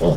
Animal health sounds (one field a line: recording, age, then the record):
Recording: pig call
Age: piglet (1 to 25 days)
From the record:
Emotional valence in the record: positive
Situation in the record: reunion after long isolation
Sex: male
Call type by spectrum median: low-frequency call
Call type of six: low-frequency stable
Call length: 0.17 s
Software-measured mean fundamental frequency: 82 Hz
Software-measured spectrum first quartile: 162 Hz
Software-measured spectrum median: 355 Hz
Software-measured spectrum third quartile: 547 Hz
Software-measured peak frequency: 159 Hz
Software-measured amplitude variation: 92 dB a second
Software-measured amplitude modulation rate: 8.7 a second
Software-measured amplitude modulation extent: 10.5 dB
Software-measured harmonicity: 1.6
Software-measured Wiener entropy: -1.00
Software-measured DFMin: 1280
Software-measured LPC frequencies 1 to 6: 503, 3283, 4522, 5524, 6669, 7926 Hz